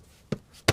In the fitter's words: pops right in and then we can put our gasket material back in place and